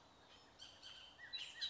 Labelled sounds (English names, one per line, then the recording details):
Bullock's Oriole
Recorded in Sonoma County, California